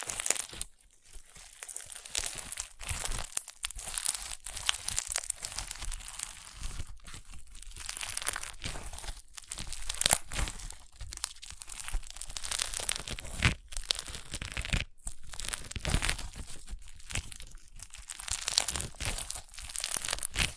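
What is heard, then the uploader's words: Crunchy slime is squeezed and pressed, making dense, bright crackling and crinkling bursts with brief pauses throughout. ASMR Satisfying Crunchy Slime (No Talking).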